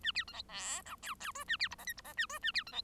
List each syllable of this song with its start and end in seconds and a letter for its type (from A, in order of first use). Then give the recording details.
0.03-0.12 A, 0.14-0.24 B, 0.27-0.33 C, 0.33-0.42 D, 0.48-0.82 E, 0.85-0.96 F, 1.02-1.15 G, 1.20-1.32 G, 1.34-1.44 H, 1.47-1.57 A, 1.59-1.68 B, 1.70-1.75 I, 1.78-1.85 J, 1.86-1.93 K, 1.97-2.01 I, 2.04-2.13 J, 2.17-2.26 A, 2.29-2.39 H, 2.42-2.52 A, 2.54-2.63 B, 2.66-2.72 C, 2.72-2.82 D. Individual Bird1